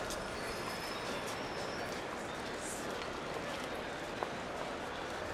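A delayed Intercity Express train to Hannover pulls into a station at track 3, rolling steadily with a dense, continuous rumble and hiss, broken by faint metallic squeals and a few sharp clicks, the noise holding at an even level throughout.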